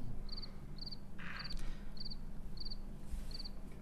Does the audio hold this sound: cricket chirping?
yes